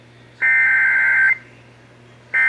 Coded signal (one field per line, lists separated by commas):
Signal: Emergency Alert System (SAME) tones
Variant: header bursts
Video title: (EAS #509) Severe Thunderstorm Warning (WBAP-AM)